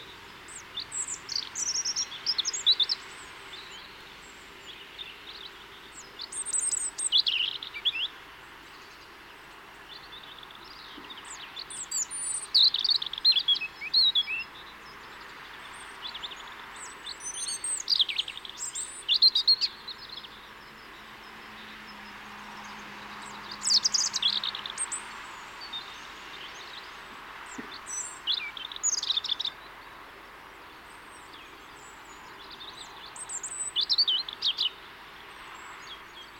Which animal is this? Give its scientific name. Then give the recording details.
Erithacus rubecula. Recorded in the wild. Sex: male. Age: adult. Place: Kaiserslautern, Rheinland-Pfalz, DE. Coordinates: 49.4284, 7.7786. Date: 1978-03-28. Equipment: Nagra IV, Sennheiser MKH 405, Parabolreflektor. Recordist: Tretzel, Erwin. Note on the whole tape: Wohl Garten Pascalstraße: Gesang eines Rotkehlchens